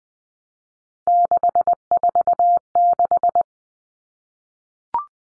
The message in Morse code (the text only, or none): 646